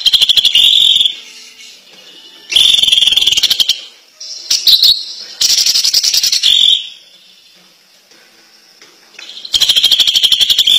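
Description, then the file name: Greater green leafbird song: repeated bursts of fast, harsh trills and chattering notes with brief whistles, broken by pauses of up to about three seconds. Champion competition bird singing its kicau song. "kicau cucak ijo juara"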